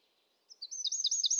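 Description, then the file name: Eurasian wren, a brief fragment of high, rapid chirping notes rising from quiet, over faint background hiss. "Troglodytes troglodytes"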